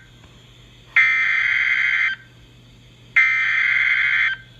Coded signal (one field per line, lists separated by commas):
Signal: Emergency Alert System (SAME) tones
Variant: header bursts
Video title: EAS Scenario - Hell REMASTERED (RE-UPLOAD)